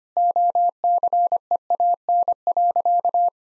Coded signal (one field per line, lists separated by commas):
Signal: Morse code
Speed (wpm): 25 wpm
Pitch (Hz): 700 Hz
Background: none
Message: OCEAN.